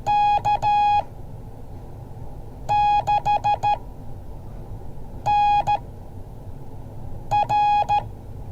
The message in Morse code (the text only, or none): K6NR